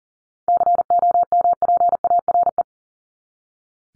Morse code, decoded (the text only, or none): COMPARE